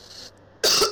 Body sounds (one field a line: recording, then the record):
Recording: coughing mixed with background sound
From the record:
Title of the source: November cold (wet coughing)